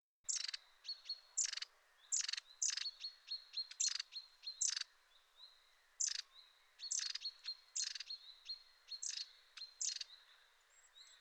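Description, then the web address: Long-tailed tit calls: short, harsh, buzzy rattling bursts mixed with thin, high, level see notes, repeated in quick irregular bouts throughout. Recorded 6 April 2021. "2021 04 06-staartmees"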